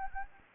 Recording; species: mosquito wingbeat signal from an infrared sensor; Anopheles gambiae